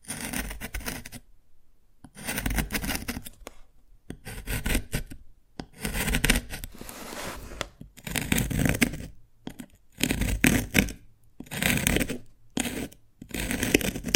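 Dalgona candy being worked in short bursts of scratchy, rasping scraping and cracking, separated by brief silences, about ten bursts across the clip.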